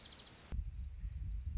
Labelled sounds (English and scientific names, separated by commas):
Orange-crowned Warbler (Leiothlypis celata)